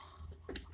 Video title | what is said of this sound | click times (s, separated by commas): Studio Series Brawl Review | from there bring that around what clicks into place peg | 0.6 s